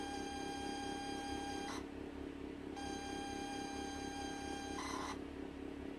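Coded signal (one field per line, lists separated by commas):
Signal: ZX Spectrum tape loading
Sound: steady buzzy lead tone, short harsh burst, pause, lead tone again, another burst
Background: low hum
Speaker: and the magic of old-school loading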